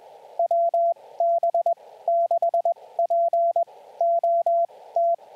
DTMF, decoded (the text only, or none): none